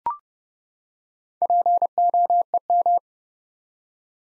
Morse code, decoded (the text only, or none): POEM